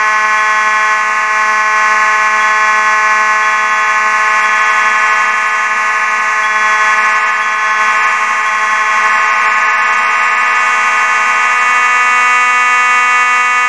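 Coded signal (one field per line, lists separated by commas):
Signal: alarm pattern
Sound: one steady, harsh, buzzing alarm tone with no breaks for about 14 seconds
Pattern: continuous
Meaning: A continuous alarm sound signals a fire alarm in progress; evacuate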